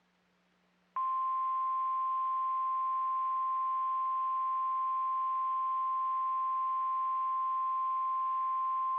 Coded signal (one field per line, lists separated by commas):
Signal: Emergency Alert System (SAME) tones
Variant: 1050 Hz attention tone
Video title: NOAA Weather Radio - Severe Thunderstorm Warning [EAS #257] (7/25/22)